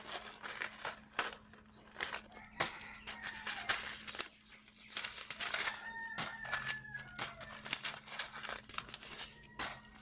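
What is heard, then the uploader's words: Packets of seeds are shuffled and sorted, with dense, crisp paper rustles and light taps arriving in quick irregular bursts throughout. A steady low hum runs underneath, and faint thin whistling tones drift in around the middle and near the end. Sorting Seed packets. Sorting packets of seeds.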